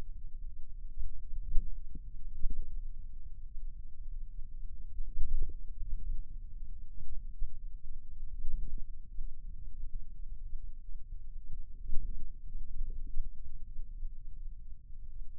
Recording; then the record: forearm muscle sounds (acoustic myography)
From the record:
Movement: wrist flexion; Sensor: system 2, bracelet of six BSWA MPA416 microphones around the upper forearm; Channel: 1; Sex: male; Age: 22 years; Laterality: right